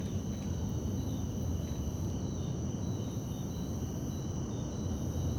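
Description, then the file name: Crickets sing in steady high trills, some pulsing in short repeated bursts, over a heavy low rumble. At night in Beija Flor park. "Ambiencia parque beija flor a noite com grilos, passos na grama, aviao passando e depois transito longe"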